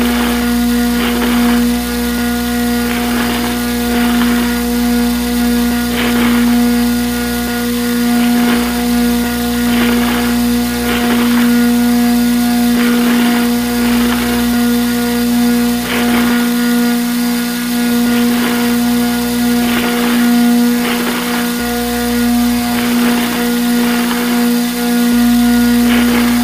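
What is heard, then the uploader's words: A coffee grinder runs steadily throughout, its motor holding a loud, even low whine. Brighter gritty bursts of crunching beans break through at a fairly regular pace, roughly once every second or two, over the constant drone. Coffee grinding. Coffee grinder and bag of beans recorded by Dan Bodah at WFMU Studio B.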